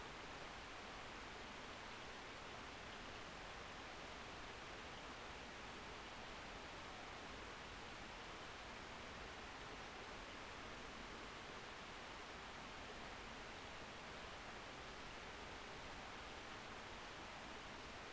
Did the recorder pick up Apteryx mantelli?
no